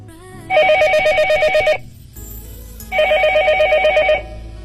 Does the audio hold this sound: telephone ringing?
yes